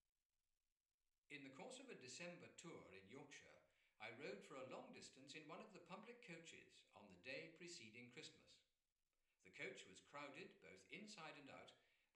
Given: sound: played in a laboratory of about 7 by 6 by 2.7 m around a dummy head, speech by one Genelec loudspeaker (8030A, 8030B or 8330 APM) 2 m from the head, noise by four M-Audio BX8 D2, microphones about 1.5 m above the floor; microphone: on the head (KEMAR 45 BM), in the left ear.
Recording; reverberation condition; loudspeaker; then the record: male speech in English; medium; 30 degrees to the left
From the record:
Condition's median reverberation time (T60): about 510 ms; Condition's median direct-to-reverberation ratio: about -0.5 dB